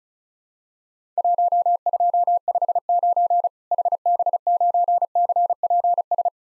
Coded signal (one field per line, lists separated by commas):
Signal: Morse code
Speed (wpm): 36 wpm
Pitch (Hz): 700 Hz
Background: none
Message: 1259 HB9CPS